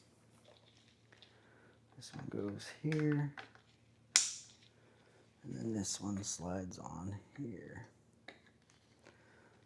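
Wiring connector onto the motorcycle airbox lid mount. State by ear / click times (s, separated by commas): seated / 8.3 s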